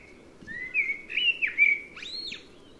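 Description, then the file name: Common blackbird song: smooth fluted whistles sliding upward and wavering, ending in a sharp, high squeaky arch of notes. "Turdus merula"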